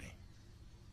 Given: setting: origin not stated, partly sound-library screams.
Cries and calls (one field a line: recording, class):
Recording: one-second piece from a danger detection set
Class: normal situation